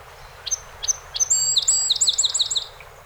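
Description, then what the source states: Song sparrow singing, three spaced clear notes leading into a fast, tumbling series of high, sweet chirps. One of 48 songs recorded on 7 June 2018.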